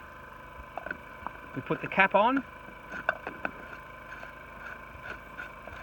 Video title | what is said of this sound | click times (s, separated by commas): 44268 Priming the Garden Pump | filter back in like so and then push it down and you'll hear it go click like so | 0.9 s